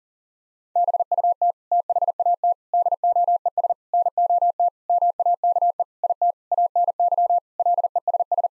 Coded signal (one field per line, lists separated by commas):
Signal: Morse code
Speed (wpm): 40 wpm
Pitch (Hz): 700 Hz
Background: none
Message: BUT THAT DOES NOT MAKE IT ANY LESS